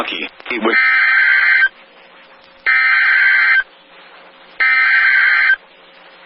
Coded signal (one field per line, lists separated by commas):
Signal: Emergency Alert System (SAME) tones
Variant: header bursts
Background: speech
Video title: Wisconsin Severe Storm Outbreak (EAS #955-970) 7/28/21